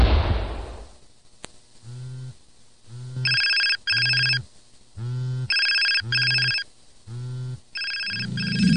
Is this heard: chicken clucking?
no